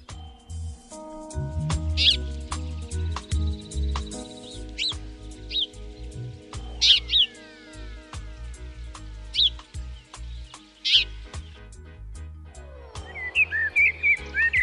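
House sparrows chirp in a city in short, bright, repeated bursts, roughly every couple of seconds, over a steady low background hum, with a quicker twittering flurry toward the end.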